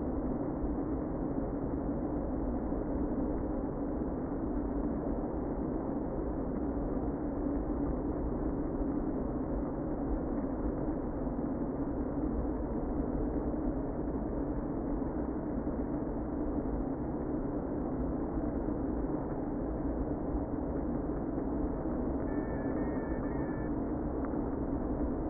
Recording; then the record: honeybee colony, microphone inside the hive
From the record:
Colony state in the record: queen present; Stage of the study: before two queens were removed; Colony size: about 60,000 bees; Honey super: yes